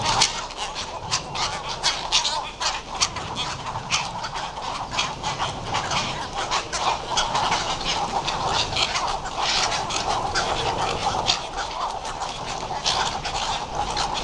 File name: Western cattle egret